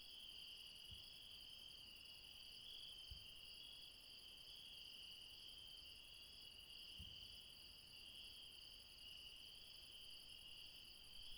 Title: Refuge Krevatia, Μπαρμπαλά, Dion 601 00, Greece - Late night mountain insects